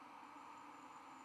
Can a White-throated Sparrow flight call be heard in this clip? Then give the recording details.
no. No flight call is heard. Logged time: 02:17 on 11 November 2014